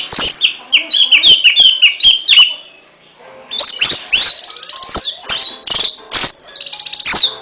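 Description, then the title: Orange-headed thrush song: quick series of high whistled notes, then after a short pause loud ringing phrases mixed with fast rattling trills. Singing in full voice in the 'teler' style; described as champion-class. "Suara Burung Anis Merah Gacor Teler Doyorng Juara"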